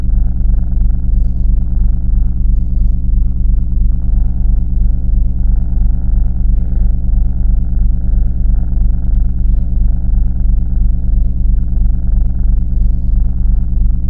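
Domestic cat purring, a steady deep rumble that continues without a break throughout.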